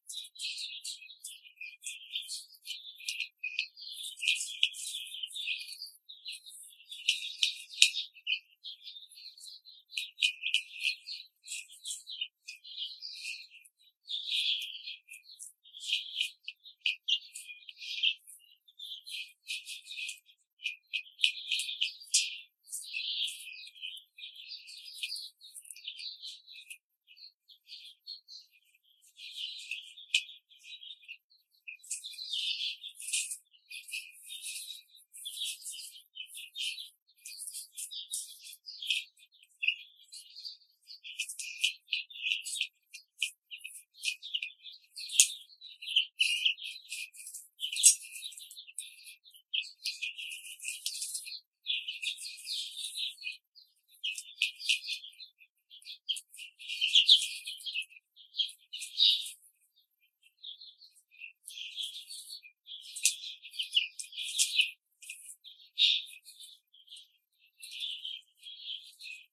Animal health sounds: young laying hens in a cage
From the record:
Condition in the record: control cage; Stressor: none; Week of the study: 5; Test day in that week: 1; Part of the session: 1

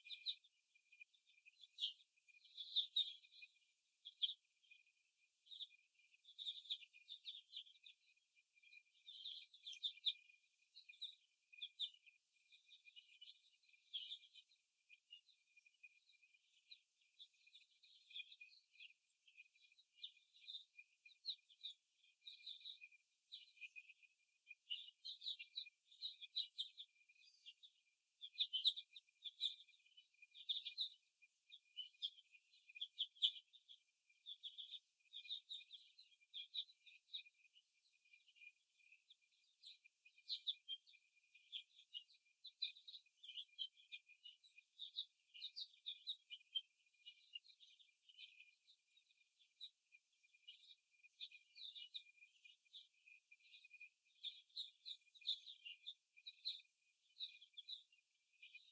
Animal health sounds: young laying hens in a cage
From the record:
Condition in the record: before the stressor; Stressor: simulated dog barking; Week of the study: 1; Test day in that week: 2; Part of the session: 2

